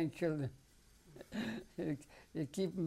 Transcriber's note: chuckles